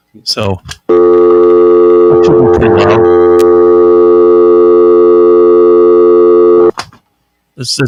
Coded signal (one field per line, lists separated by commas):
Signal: telephone call progress tone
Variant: North America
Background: speech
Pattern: dial tone